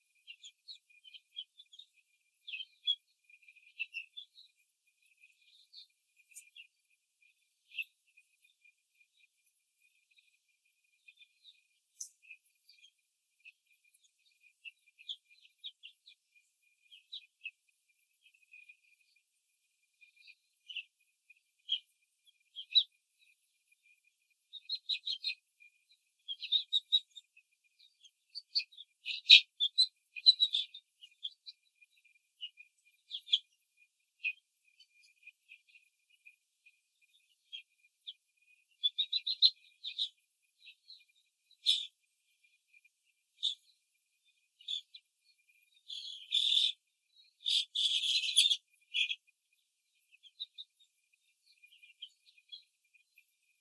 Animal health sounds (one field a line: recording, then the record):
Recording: young laying hens in a cage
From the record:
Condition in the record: control cage, after the stress test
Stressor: none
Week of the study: 4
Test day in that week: 3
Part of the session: 2